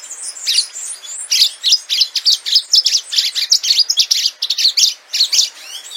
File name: canto do canario do amazonas